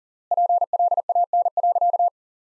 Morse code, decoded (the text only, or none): PLAN.